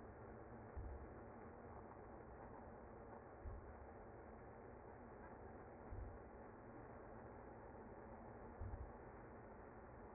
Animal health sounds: honeybee colony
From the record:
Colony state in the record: active

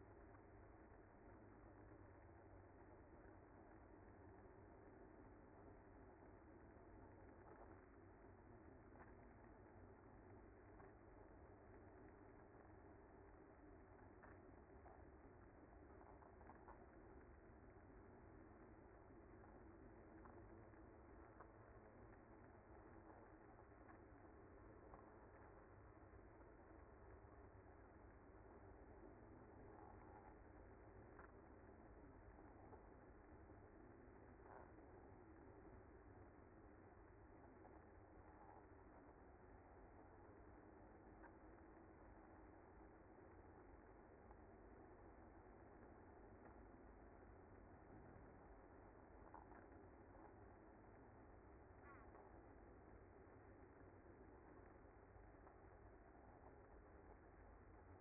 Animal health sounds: honeybee colony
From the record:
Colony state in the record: active

